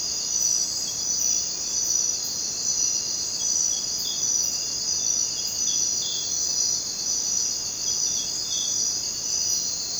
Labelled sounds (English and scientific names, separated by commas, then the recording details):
none
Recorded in dense forest near Puerto Asís, Putumayo, Colombia, on 23 June 2025 at 00:00
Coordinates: 0.484, -76.317
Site G045